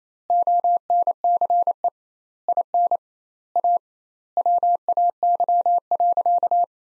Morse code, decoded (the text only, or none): ONCE IN A WAY.